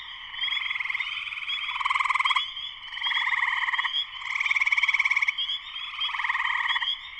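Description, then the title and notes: Spring peepers in full chorus; rhythmic pulsed trills swell and fade in alternating bursts while a thin high peeping tone runs throughout. Full chorus of many spring peepers, shortly after sunset, Sleeping Bear Dunes National Lakeshore, northern Michigan, USA. "Spring peepers (chorus frogs) in concert. Spring peepers (chorus frogs) in full chorus shortly after sunset in the Sleeping Bear Dunes National Lakeshore in northern Michigan, USA. Recorded by Darrin Wassom. Music for Sleep"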